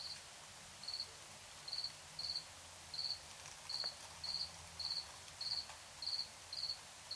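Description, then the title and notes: Cricket chirping, short pulsed chirps repeated many times over a soft hiss of background noise. Nighttime recording in Tiny, Ontario. "Crickets and coyotes. Recorded in Tiny, Ontario by Anton Pickard"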